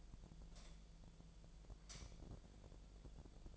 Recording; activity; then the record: daily activity, microphone in the room; light on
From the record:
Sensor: 5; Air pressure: 1009.9 hPa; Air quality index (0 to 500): 159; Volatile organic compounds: 4 ppm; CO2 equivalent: 1550 ppm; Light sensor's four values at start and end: 144/370/154/164 and 145/371/154/164